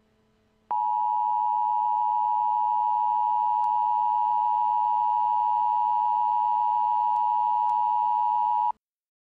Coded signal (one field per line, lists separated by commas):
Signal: Emergency Alert System (SAME) tones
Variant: 853 and 960 Hz attention tone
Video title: EAS Scenario #52: Mickey Error 9: The Return of Mickey Error: Time Goes Back!